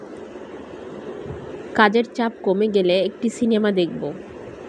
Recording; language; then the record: elicited speech; Bengali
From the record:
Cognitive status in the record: cognitively healthy